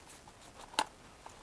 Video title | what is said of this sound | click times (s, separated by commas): SUNPOW High Pressure Jet Wash HP1172 review by Benson Chik 165 Bar for less than £150, really? | and that locks in place | 0.8 s